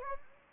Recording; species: mosquito wingbeat signal from an infrared sensor; Anopheles gambiae